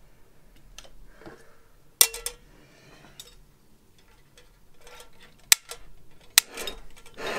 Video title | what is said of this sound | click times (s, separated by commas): Der etwas schnellere Gaskocher! - Fire Maple Fixed Star X2 mit Kochset | hier mit diesen Zacken kann man das hier einklipsen. | 2.0 s, 5.5 s, 6.4 s